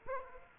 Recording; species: mosquito wingbeat signal from an infrared sensor; Aedes aegypti